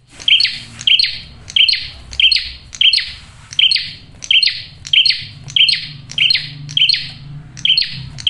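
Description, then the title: Prinia uttering a rapid string of many harsh, buzzy chirps over a steady low hum. Male prenjak singing loud, clear and continuous, for use as a lure (pikat) and to draw in females. "Masteran Duet Cililin Vs Kapas Tembak. PRENJAK JANTAN GACOR SUARA JERNIH, RAPET. " COCOK UNTUK PIKAT MAUPUN PANCINGAN BETINA ""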